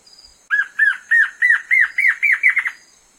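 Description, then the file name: Black-crested antshrike singing an accelerating series of about nine arched notes, each a little higher than the last, closing in a quick run; a steady faint high tone beneath. "Canto da choca de crista preta"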